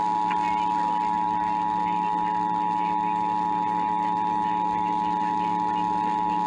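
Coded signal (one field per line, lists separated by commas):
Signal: Emergency Alert System (SAME) tones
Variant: 853 and 960 Hz attention tone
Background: speech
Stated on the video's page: Required Monthly Tests caught off the air.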